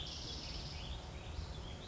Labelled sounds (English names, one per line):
Spotted Towhee